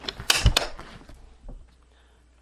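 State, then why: Seated. An Ambiano vacuum sealer lid is pressed down over a bag of ground flaxseed and snaps into its latched position on the base. Sharp clicks land at 0.1, 0.3 and 0.6 s, followed by softer rattles that fade by about 1.6 s. The lid is seated and latched.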